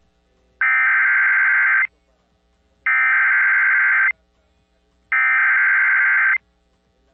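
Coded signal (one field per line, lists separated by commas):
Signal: Emergency Alert System (SAME) tones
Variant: header bursts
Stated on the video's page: Alerts captured during a hurricane affecting Puerto Rico.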